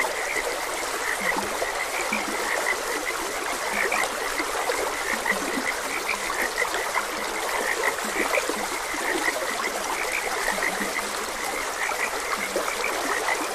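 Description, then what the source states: Chorus of frogs, quick rough croaks overlapping continuously alongside some deeper low calls, with a constant babbling stream beneath. Frogs croaking beside a gentle stream.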